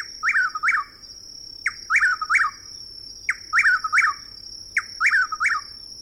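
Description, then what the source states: Chuck-will's-widow calls: loud whistled phrases, a short note followed by a rolling flourish, given in clusters with pauses, over a constant high thin whine. Loud calls in the evening in a southeastern woodland.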